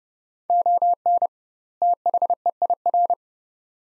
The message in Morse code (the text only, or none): ON THEIR